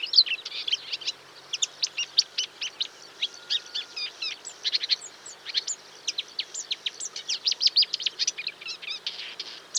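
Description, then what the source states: Bird chirping in a fast stream of high clipped notes and brief whistles, running on almost without a break. Recorded in a marsh.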